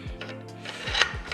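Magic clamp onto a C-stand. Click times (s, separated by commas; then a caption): 1.0 s. A metal magic clamp is slid onto a Lomtap C-stand past a small nub with a short scraping, rubbing sound over a low steady hum. A sharp metallic click at 1.0 s marks the clamp locking into place, followed by a softer knock near the end.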